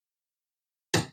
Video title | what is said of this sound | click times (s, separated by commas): Unboxing and Assembling the Ender Neo 3D Printer: A Beginner's Guide | You should hear a click. | 0.9 s